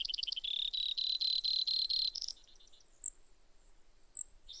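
Brewer's sparrow song: high buzzy trills at shifting pitches, a fast pulsed series then a steady buzz, followed by brief sharp high notes.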